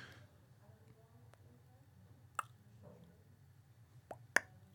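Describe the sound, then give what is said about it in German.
A voice softly imitates the warm, standing water of a calm lake with no wind: a low, steady murmur with a few faint, sharp plops and drips scattered near the end, quiet overall. “Einfach machen Sie einfach mal stehendes Wasser.”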